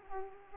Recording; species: mosquito wingbeat signal from an infrared sensor; Aedes aegypti